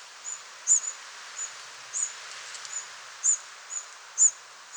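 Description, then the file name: Firecrest calls: thin, very high, sharp single notes given irregularly, up to about two per second at times, over a steady background hiss. "brandkronad"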